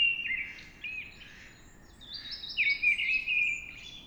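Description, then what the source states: Mistle Thrush song of loud fluting phrases: short ones at the start, a pause, then a longer wavering phrase, with softer high bird notes behind. Singing at dawn.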